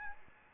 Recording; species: mosquito wingbeat signal from an infrared sensor; Aedes albopictus